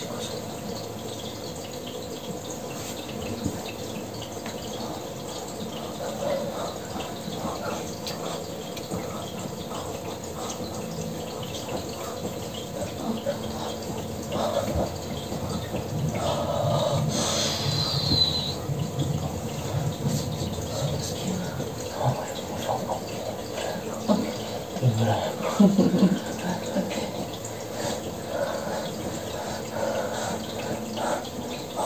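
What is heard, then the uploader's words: A fish tank runs with a steady wash of water and a low, constant pump hum underneath. Small bubbling flecks and drips pop through the whole time, with brief louder splashes near seventeen seconds and again around twenty-five seconds. Fish tank sounds and foreign talking.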